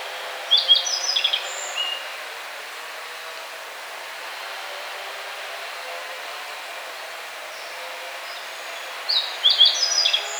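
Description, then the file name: Yellow bunting song phrases of high thin buzzy notes, heard twice about eight seconds apart, with quiet hiss between. "Emberiza sulphurata"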